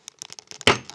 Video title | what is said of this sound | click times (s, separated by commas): Elux Legends & Pro Juice-Foam Swap | force it down until it clicks like that and you've got yourself a refilled you | 0.7 s